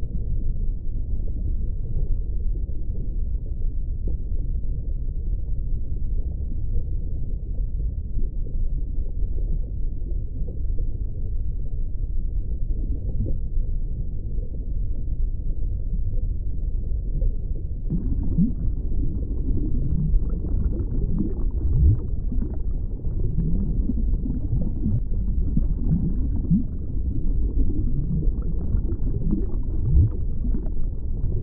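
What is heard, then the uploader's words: A muffled underwater ambience: a steady, dull low rumble of water with nothing bright above it. Around eighteen seconds the sound opens up slightly, and soft bubbling and gurgling sloshes begin to drift through, irregular, continuing to the end. Underwater Ambience. Underwater Bubbles. The soft sounds of bubbles and sloshing water.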